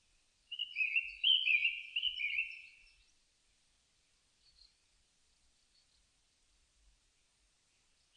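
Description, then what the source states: Japanese thrush sings a single phrase of warbled whistles and slurred notes, then near silence with a couple of faint ticks. Recorded 4 May 2001.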